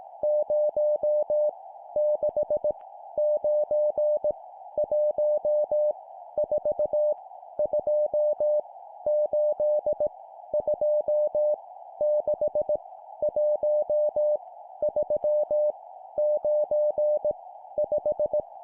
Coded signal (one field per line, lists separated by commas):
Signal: Morse code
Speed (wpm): 18 wpm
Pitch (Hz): 600 Hz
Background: music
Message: 0 6 9 1 4 2 8 2 6 1 3 9 5